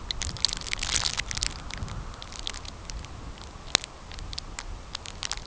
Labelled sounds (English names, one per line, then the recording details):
none
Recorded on Arctic tundra, site CORI-1, on 15 June 2018
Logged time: 10:00